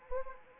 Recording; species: mosquito wingbeat signal from an infrared sensor; Anopheles arabiensis